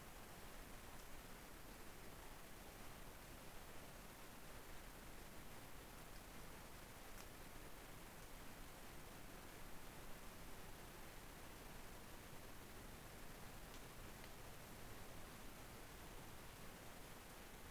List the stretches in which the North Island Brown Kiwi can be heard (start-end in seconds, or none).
none